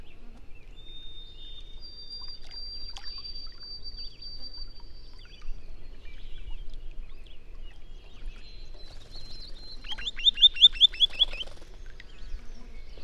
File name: Chevalier Grivele